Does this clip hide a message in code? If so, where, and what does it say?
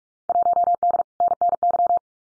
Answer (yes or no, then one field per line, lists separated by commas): yes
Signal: Morse code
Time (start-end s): 0.3-2.0 s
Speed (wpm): 46 wpm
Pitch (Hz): 700 Hz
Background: none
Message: 1D NNY